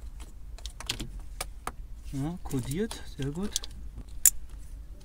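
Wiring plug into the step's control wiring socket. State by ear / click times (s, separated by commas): seated / 4.3 s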